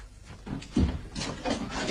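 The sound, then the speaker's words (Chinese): A wooden drawer scrapes and slides, with a dull thump partway through followed by more rough, rumbling sliding noise, as the drawer is used to trap a mouse. No one speaks. “抽屉扣鼠法。”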